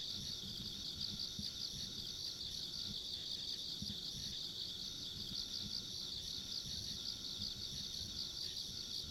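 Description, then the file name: Insect chorus, an unbroken high, shimmering drone with a fainter thin upper tone, and soft low rumble beneath throughout. Ambient insect sounds recorded along a rural country road. "田舎道の虫の環境音"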